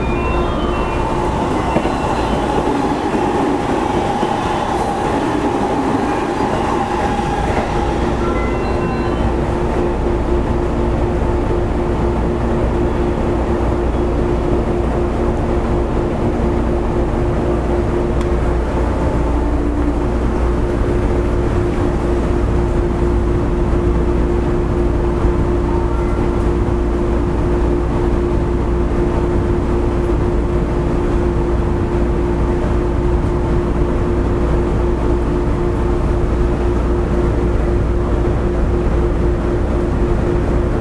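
A local electric train runs steadily, heard from inside with a constant low rumble and a sustained motor whine holding several fixed tones. The first eight seconds carry brighter, rising-and-falling motor pitches and some rattle before the ride settles into an even, unchanging drone.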